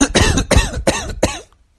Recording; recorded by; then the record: voluntary cough; messaging app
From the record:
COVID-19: negative